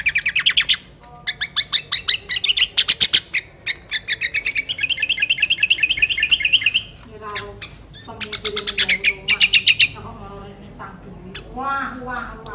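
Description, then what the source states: Sooty-headed bulbul song: long stretches of rapid, trilled chirping broken by a pause, with softer lower warbles near the end. Kutilang; a 'master' recording in the 'sangar' style with a 'halilintar' voice.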